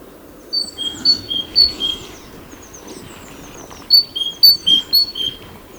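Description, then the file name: Great tit whistling a two-note high-low phrase three times, a pause with faint chirps, then three more repetitions. "Parus major"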